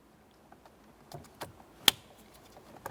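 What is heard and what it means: A yellow plastic airbag connector is pressed into the clock spring of a 2005–2010 Chevrolet Cobalt, the same way as the previous connector, during a clock spring replacement. A few faint handling taps come before a sharp, bright click at 1.9 s as the connector seats. It is then tugged and locked with the red locking connector.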